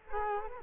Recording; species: mosquito wingbeat signal from an infrared sensor; Culex quinquefasciatus